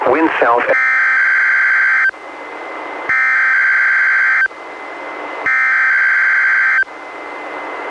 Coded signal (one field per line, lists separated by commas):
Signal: Emergency Alert System (SAME) tones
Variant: header bursts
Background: speech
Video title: EAS #329-331: 3 NWR Required Weekly Tests- July 10-24, 2019